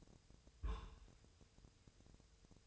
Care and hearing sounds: daily activity, microphone in the room; place on stove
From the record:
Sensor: 2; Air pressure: 999.2 hPa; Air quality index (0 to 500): 194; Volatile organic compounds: 26 ppm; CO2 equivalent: 2872 ppm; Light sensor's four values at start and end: 6/15/6/6 and 6/15/6/6

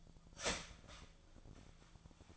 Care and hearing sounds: daily activity, microphone in the room; start toaster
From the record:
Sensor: 5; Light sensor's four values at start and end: 74/202/80/82 and 71/194/77/77

